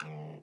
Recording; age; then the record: pig call; piglet (1 to 25 days)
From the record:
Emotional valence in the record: negative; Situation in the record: long isolation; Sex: male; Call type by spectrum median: low-frequency call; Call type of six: mixed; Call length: 0.43 s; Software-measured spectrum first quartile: 205 Hz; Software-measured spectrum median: 611 Hz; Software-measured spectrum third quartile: 1600 Hz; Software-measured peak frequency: 1289 Hz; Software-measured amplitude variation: 58 dB a second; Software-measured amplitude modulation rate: 21.1 a second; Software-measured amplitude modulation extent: 2.7 dB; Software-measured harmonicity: 6.3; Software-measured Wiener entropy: -2.03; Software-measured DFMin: 1043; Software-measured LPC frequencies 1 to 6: 1427, 2616, 3654, 4863, 5991, 6932 Hz